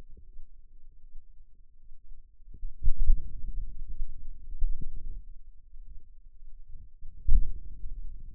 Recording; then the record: forearm muscle sounds (acoustic myography)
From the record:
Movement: outward rotation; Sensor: system 2, bracelet of six BSWA MPA416 microphones around the upper forearm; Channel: 1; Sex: male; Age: 22 years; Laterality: right